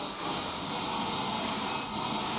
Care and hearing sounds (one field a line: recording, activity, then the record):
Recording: daily activity, microphone in the room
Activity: vacuum cleaning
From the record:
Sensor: 1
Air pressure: 1009.6 hPa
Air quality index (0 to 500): 194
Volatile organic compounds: 19 ppm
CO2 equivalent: 2653 ppm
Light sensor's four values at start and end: 30/77/32/38 and 30/77/32/38